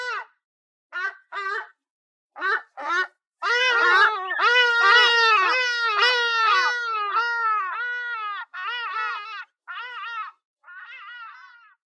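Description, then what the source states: Hadeda ibis group: a few separate honks, then a long overlapping chorus of raucous wailing calls that breaks up into fading single cries. A group of birds calling.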